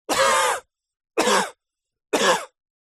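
Three separate harsh, open coughs about a second apart, each briefly sustained, from a 40-year-old man.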